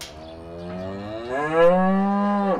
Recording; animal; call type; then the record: contact call of a hoofed animal; cattle; low-frequency (closed-mouth) or high-frequency (open-mouth) call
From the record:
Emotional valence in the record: negative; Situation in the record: full separation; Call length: 2.6 s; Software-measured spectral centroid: 1390 Hz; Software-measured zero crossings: 1510 a second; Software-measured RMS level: -22 dBFS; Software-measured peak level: -7 dBFS